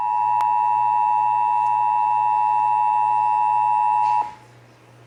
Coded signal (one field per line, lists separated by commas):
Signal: Emergency Alert System (SAME) tones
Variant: 853 and 960 Hz attention tone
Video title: (EAS #364-373) March 2023 Texas Required Monthly Test